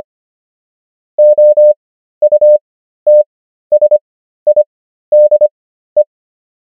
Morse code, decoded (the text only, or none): OUTSIDE